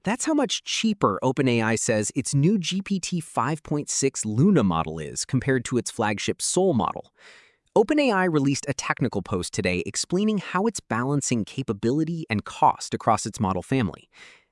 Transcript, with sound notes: That’s how much cheaper OpenAI says its new GPT-5.6 Luna model is compared to its flagship Sol model. [thoughtful] OpenAI released a technical post today explaining how it’s balancing capability and cost across its model family.